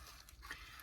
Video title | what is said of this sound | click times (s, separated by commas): 3D Printed 1920's Sears Kit Homes N Scale Build-up | this one as I said snaps into place which is nice | 0.5 s